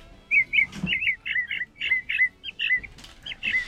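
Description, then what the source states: Mockingbird singing quick, chirpy whistled notes, each short and slurred, repeated in a rapid series over light background noise. Mockingbird (Mimus), recorded on a Sunday with a recorder and played on air; an American bird of the northern hemisphere, related to the calandria, named for its mimicry.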